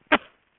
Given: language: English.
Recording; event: throat vibration sensor signal played as sound; cough